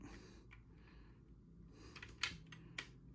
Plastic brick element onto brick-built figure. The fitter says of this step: there you have it there we go just needs a little bit of a click into place